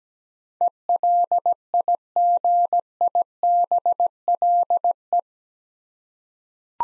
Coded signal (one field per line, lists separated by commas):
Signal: Morse code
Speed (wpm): 17 wpm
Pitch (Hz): 700 Hz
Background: none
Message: ELIGIBLE